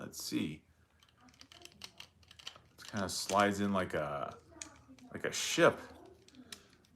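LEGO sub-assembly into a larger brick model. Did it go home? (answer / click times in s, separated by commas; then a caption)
yes / 6.5 s. Someone talks while a plastic LEGO sub-assembly is slid in and pressed onto a larger brick model, with a few light plastic clicks and taps between 1.4 and 2.5 seconds. At 6.5 seconds a sharp click is heard as the sub-assembly snaps into place, seated on the build.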